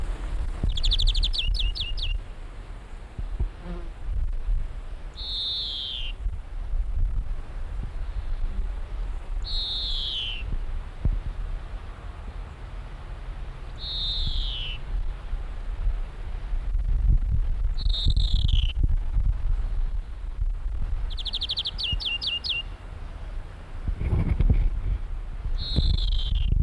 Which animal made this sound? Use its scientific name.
Chloris chloris